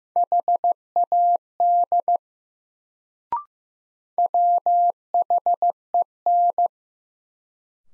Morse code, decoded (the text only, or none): HAD WHEN